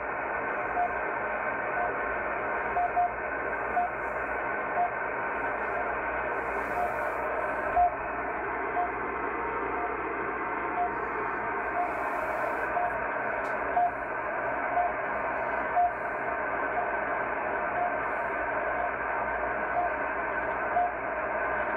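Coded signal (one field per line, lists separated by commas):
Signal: radio time signal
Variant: RWM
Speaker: we're on 9996 kilohertz which is the is rwm Moscow time signal station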